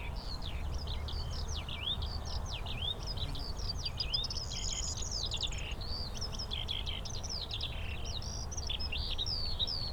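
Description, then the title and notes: Eurasian skylark pouring out dense, continuous high song of quick varied chirps, slurs and brief trills throughout, with a low steady rumble underneath. Skylarks singing in fields around St. Isidore's wayside shrine, Sosna Góra, Siemianowice Śląskie, Poland; Saturday 18 May 2019; Zoom H5, Audio-Technica BP4025. "Unnamed Road, Siemianowice Śląskie, Polska - skowronek przy kapliczce św. Izydora. Sobota, 18 maja 2019. Wśród pól znajduje się kapliczka świętego Izydora na Sosnej Górze. W polu śpiewają skowronki i brzęczą owady. W tle słychać strzelnicę. Nagrania terenowe Siemianowic Śląskich - Dźwiękowy Portret Miasta"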